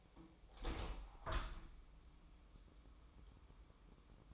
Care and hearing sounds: daily activity, microphone in the room; open window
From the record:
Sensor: 1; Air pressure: 1000.4 hPa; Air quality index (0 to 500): 170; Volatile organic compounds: 4 ppm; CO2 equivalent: 1560 ppm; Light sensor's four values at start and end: 11/27/11/13 and 12/29/12/14

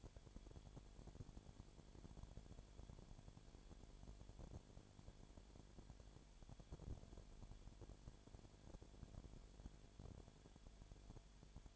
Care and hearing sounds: daily activity, microphone in the room; no activity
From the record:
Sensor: 5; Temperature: 20.0 degrees Celsius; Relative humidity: 37.1%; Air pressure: 1007.4 hPa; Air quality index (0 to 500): 84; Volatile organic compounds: 1 ppm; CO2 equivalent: 955 ppm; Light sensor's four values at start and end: 2/3/1/1 and 2/3/1/1

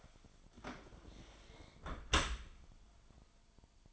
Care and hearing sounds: daily activity, microphone in the room; close dishwasher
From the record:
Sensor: 5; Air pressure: 1003.2 hPa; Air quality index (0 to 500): 133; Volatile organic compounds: 1 ppm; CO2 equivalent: 976 ppm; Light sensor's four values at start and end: 89/218/89/102 and 80/191/80/91

